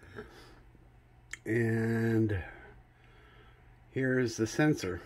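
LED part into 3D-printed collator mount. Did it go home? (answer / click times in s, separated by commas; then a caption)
yes / 1.3 s. An LED holder is pushed into its mount on a 3D-printed plastic bullet collator and locks into place with a sharp, loud, short click at 1.3 s. Someone talks before and after the click.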